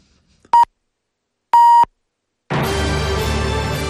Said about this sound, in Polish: Jeżeli Państwo chcą ustawić zegarki, to zaraz będzie dokładne pikanie na ósmą. O właśnie.